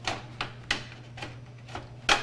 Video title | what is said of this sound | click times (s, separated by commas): Live Computer Build | just gonna slap in right thank that and it'll click into place there | 0.7 s